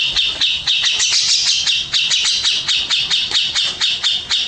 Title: Cucak Jenggot